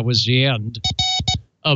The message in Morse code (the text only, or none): none